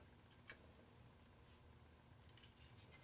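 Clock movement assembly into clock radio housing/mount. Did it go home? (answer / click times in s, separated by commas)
no / none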